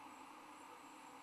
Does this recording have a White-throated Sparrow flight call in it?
no